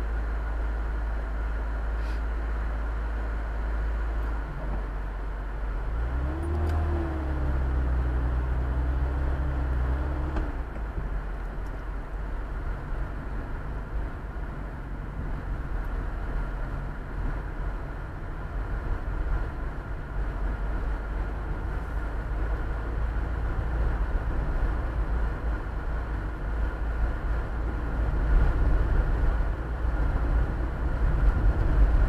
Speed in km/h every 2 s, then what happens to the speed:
1, 0, 0, 5, 8, 11, 12, 16, 22, 26, 28, 30, 32, 32, 34, 34.
0-5 standing. 5-23 pulls away to 32. 23-32 steady at about 32.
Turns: none.